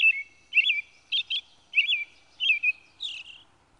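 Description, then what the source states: American Robin song: several short whistled caroling phrases in separate bursts, with a sharp click at the very end. Song described as harder to capture in musical notation than others.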